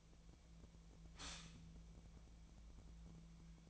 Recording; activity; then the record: daily activity, microphone in the room; stop toaster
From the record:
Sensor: 1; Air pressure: 1009.3 hPa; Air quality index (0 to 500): 196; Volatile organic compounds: 20 ppm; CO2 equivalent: 2681 ppm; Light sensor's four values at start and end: 28/71/30/35 and 28/71/29/35